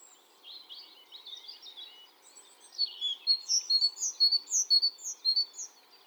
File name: Parus major